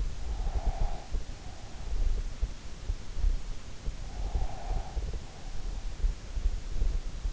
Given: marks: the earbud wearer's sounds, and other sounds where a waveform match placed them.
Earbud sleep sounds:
sounds in sleep by an in-ear microphone; breath
0.00-2.16 s: breath
3.93-5.74 s: breath

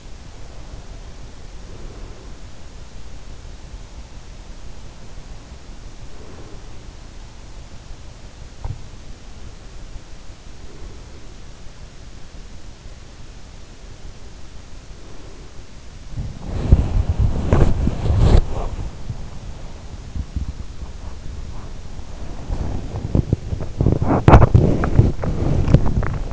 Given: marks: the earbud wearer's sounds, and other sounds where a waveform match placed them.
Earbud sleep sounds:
sounds in sleep by an in-ear microphone; breath, body movement, teeth grinding
0.00-2.34 s: breath
5.93-7.62 s: breath
9.13-11.47 s: breath
11.47-14.31 s: body movement
14.31-17.10 s: breath
17.16-26.33 s: body movement
18.21-19.93 s: teeth grinding
21.98-23.70 s: teeth grinding

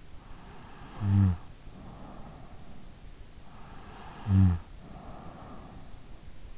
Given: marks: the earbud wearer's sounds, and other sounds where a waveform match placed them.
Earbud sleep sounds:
sounds in sleep by an in-ear microphone; snoring breath
0.31-2.81 s: snoring breath
3.67-6.11 s: snoring breath

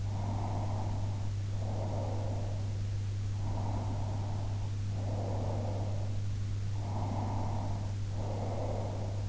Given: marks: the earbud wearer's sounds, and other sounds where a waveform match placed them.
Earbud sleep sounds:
sounds in sleep by an in-ear microphone; breath
0.23-2.86 s: breath
3.57-6.16 s: breath
7.06-9.29 s: breath

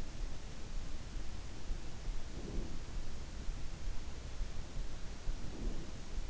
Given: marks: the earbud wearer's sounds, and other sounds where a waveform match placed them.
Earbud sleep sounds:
sounds in sleep by an in-ear microphone; breath
2.21-2.82 s: breath
5.27-5.98 s: breath

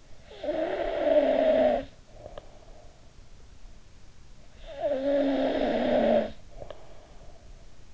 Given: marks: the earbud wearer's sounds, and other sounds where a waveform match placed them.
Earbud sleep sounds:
sounds in sleep by an in-ear microphone; snoring breath
0.00-3.20 s: snoring breath
4.34-7.49 s: snoring breath

